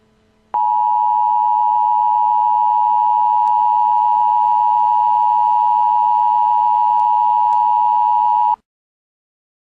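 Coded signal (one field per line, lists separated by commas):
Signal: Emergency Alert System (SAME) tones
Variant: 853 and 960 Hz attention tone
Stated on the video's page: Prank nuclear bomb EAS alert, stated to contain valid EAS tones.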